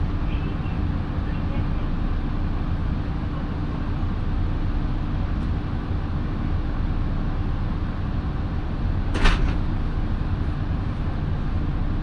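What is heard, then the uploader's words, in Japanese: A local train on the Minobu Line rolls along with a steady, heavy low rumble that stays even throughout. A sharp clack or thump cuts through just after nine seconds, and a faint tick comes near five seconds over the constant drone. 身延線 富士→芝川。身延線を各駅停車で乗り通します。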